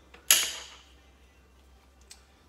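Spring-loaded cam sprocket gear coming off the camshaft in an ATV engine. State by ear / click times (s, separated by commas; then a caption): released / 0.3 s. During teardown of a Polaris Sportsman/Ranger 800 ATV engine, the spring-loaded split cam sprocket gear, with springs behind it, is worked off the camshaft. It lets go with a sharp, bright snap at 0.3 s that rings and fades over about half a second, followed by a faint small tick near 2.1 s. The gear is released from the camshaft.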